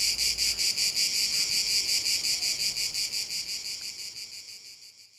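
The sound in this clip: Cicadas giving a pulsing, shrill buzz, regular throbs about three each second, the chorus fading away toward the end.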